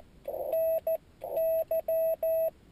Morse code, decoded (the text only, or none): NY